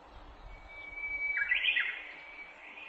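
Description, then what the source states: Japanese bush warbler, one long steady whistle followed by a rich warbling phrase, over a low rumble of background noise. Recorded 18 April 2008.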